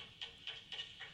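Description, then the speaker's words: Common noctule echolocation calls, a few short pulses at a steady rate. Bats hunting; short call then silence while listening for the echo, repeating roughly every third of a second; Norwegian name storflaggermus. "Noen lyder først av flaggermus på jakt."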